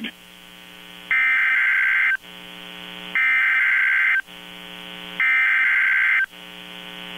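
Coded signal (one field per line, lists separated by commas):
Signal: Emergency Alert System (SAME) tones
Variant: header bursts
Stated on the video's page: Hurricane Force Wind Warnings coded HUW plus a 1050 Hz-tone Blizzard Warning, from a NOAA Weather Radio internet stream, recorded with Audacity.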